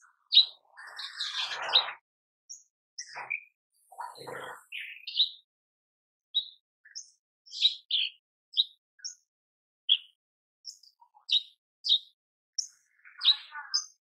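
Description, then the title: Horsfield's bush lark song: a harsh rasping opening followed by a steady series of short, high, sharp chirps with brief gaps. Cage-bird tutor (masteran) song of very active singing, used for training cage birds. "MASTERAN KICAUAN BRANJANGAN SUPER GACOR"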